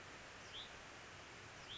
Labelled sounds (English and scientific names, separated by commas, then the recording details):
Hutton's Vireo (Vireo huttoni)
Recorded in Sonoma County, California